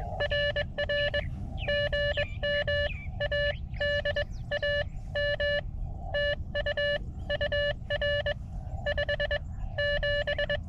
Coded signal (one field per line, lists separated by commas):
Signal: Morse code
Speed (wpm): 20 wpm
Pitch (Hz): 580 Hz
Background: none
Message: RR GM ADAM TU UR 57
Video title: First Morse Code Summit Activation, *Mostly*!